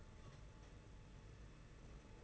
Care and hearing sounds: daily activity, microphone in the room; take from stove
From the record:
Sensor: 4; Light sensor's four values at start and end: 4/10/4/4 and 4/10/4/4

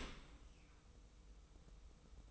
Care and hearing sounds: daily activity, microphone in the room; open dishwasher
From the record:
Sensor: 1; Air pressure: 990.5 hPa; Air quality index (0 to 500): 179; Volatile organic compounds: 1000 ppm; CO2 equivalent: 6618 ppm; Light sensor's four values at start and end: 25/59/25/27 and 25/59/25/27

